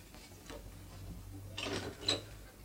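A door at a professor's home is opened after a knock: a soft mechanical rattle of the latch and handle, then a brief, sharper scrape and click, over a low steady hum with no voices.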